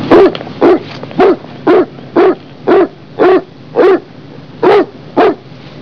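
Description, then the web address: Dog barking steadily, about ten short gruff barks spaced roughly half a second apart, with a faint background hiss. "baloku chien baloku"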